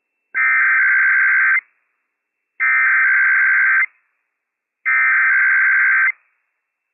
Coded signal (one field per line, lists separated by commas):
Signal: Emergency Alert System (SAME) tones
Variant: header bursts